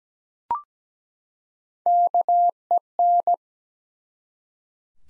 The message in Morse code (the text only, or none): KEN